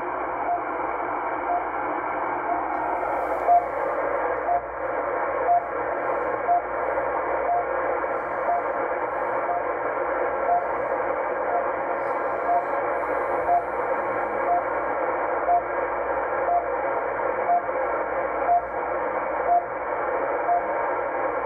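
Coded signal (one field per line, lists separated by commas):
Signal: radio time signal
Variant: RWM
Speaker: back to the end fed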